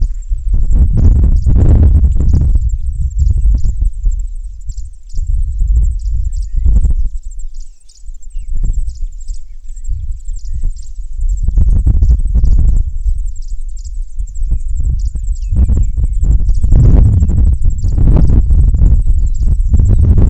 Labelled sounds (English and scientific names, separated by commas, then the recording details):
Red-pate Cisticola (Cisticola ruficeps)
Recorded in northern Uganda